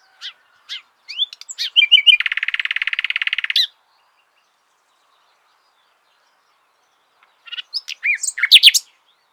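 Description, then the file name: Common nightingale song opening with scattered chips and whistles, then a dense buzzy rattle of rapid repeated notes, a long pause, and a final varied chattering phrase. "Luscinia megarhynchos"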